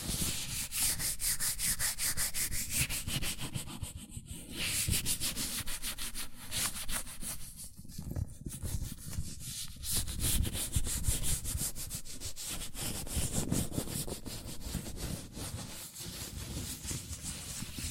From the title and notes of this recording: ASMR Latex Gloves Hand Sounds (No Talking).